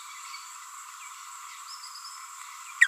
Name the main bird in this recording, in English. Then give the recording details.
Green-rumped Parrotlet. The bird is a female. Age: 29 days. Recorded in a nest box in Venezuela. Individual 17B42A4